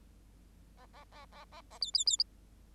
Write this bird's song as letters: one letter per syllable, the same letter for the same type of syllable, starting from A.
A A A A A A B B B